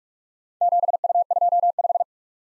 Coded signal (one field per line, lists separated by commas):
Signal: Morse code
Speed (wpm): 44 wpm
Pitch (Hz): 700 Hz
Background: none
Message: 7U25